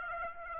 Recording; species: mosquito wingbeat signal from an infrared sensor; Aedes aegypti